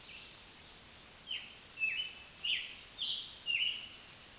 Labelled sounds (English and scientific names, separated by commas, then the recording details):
Scarlet Tanager (Piranga olivacea) song
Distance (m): 25 m
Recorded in a Pennsylvania forest on 1 June 2023 at 05:54
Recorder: AudioMoth, point grid3_2_high
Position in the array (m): 131 m, 5 m